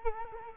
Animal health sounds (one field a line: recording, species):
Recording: mosquito wingbeat signal from an infrared sensor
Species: Culex quinquefasciatus